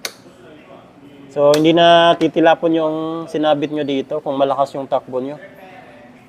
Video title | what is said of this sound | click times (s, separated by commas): PINAKA SULIT NA MOTOR, NEW!.. HONDA GIORNO 125 , 2026 PRICE UPDATE QUICK REVIEW, #GIORNO #HONDA | Maganda kasi may lock na po siya. Ayan oh. | 0.1 s